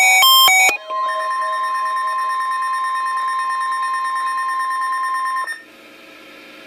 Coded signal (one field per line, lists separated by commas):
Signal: Emergency Alert System (SAME) tones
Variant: 1050 Hz attention tone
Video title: Required Weekly Test - 08/05/15 (EAS #971)